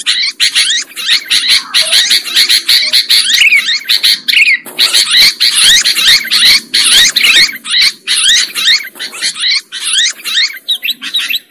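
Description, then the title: Lovebird chattering: dense, rapid, scratchy high-pitched twitters that go on almost without a break and dip briefly now and then. Lure recording used to attract birds for trapping. "PIKAT BURUNG LOVEBIRD"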